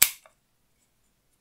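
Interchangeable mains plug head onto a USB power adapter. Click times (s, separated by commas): 0.0 s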